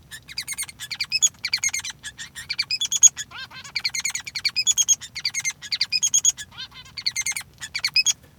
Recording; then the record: song of a male Bengalese finch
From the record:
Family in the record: son of father 3